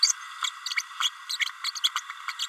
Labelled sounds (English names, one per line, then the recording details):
Green-rumped Parrotlet babbling
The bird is a female
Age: 30 days
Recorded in a nest box in Venezuela
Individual 17B32A7